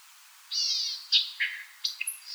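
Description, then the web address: White-eyed vireo song, a quick phrase of sharp chips and buzzy notes, opening with a harsh buzz. Recorded 4 January 2007. "White-eyed Vireo 2007 01 04 White-eyed Vireo"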